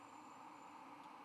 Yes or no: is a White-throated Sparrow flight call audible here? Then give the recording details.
no. No flight call is heard. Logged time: 00:29 on 23 November 2014